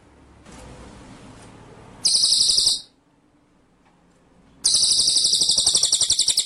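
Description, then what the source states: White-rumped shama song: two bursts of rapid, piercing high trilling separated by a short quiet gap, over soft background hiss. Masteran (training) track of full song in ngerol (rolling) and nembak (shooting) style.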